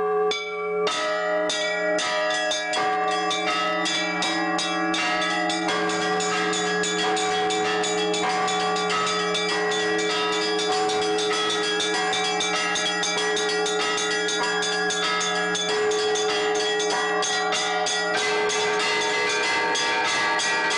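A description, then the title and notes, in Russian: Festive church bells ring in a continuous peal, many bells struck in quick, overlapping succession. Deep tones hum steadily beneath bright, clanging strikes that keep a fairly regular rhythm, with brief shifts in pattern around five, fifteen and eighteen seconds. Праздничный колокольный звон.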